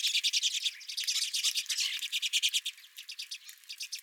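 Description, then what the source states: Redpolls chattering loudly in fast, rhythmic buzzy trills, a dense stream of notes. Redpolls calling at the recordist's feeder.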